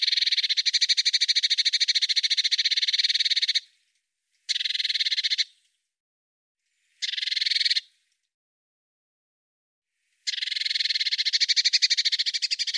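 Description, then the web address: Eurasian blue tit giving buzzy, rapidly pulsed churring scold calls in four bursts, one long, two short, then another long, with silent gaps between. "Deverinetal"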